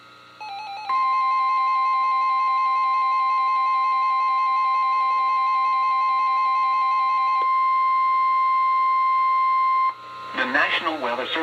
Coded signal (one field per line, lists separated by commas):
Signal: Emergency Alert System (SAME) tones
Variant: 1050 Hz attention tone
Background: speech